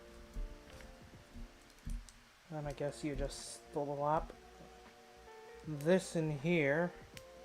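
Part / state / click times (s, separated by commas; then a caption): plastic knee joint piece into model kit leg / not seated / none. A plastic knee joint piece is being fitted into the leg assembly of a Gundam Dynames model kit, with small plastic taps and handling noises around 0.8, 1.9, 2.1 and 7.2 seconds while someone talks over background music. Nothing has seated or clicked into place yet.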